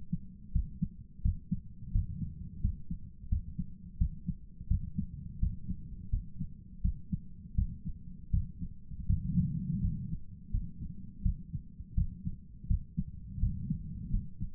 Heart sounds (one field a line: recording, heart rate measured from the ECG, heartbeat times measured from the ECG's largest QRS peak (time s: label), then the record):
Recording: heart sounds by stethoscope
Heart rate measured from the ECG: 84 bpm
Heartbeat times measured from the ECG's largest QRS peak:
0.52 s: heartbeat
1.22 s: heartbeat
1.91 s: heartbeat
2.61 s: heartbeat
3.28 s: heartbeat
3.97 s: heartbeat
4.67 s: heartbeat
5.39 s: heartbeat
6.10 s: heartbeat
6.81 s: heartbeat
7.55 s: heartbeat
8.30 s: heartbeat
9.06 s: heartbeat
9.81 s: heartbeat
10.51 s: heartbeat
11.22 s: heartbeat
11.94 s: heartbeat
12.67 s: heartbeat
13.39 s: heartbeat
14.10 s: heartbeat
From the record:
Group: healthy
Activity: rest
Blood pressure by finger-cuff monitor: 158/86 mmHg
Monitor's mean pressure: 103 mmHg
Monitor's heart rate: 84 bpm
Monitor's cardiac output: 8 L/min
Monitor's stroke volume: 97 mL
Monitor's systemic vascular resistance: 950 dyn s/cm5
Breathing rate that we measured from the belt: 15 breaths a minute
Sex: male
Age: 57 years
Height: 188 cm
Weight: 106 kg